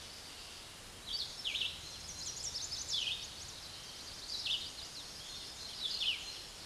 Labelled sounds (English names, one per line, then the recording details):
Red-eyed Vireo song
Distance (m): 25 m
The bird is about 20 m above the microphone
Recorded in a Pennsylvania forest on 16 May 2024 at 06:10
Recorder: AudioMoth, point MSD-2258
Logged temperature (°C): 15.2 °C
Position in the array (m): 161 m, 68 m